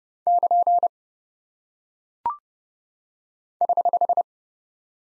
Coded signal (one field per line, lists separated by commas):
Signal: Morse code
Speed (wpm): 30 wpm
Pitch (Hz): 700 Hz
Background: none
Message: <KN> <HH>